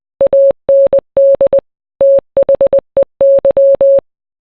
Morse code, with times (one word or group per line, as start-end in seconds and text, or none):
0.2-1.6 AND
2.0-4.0 THEY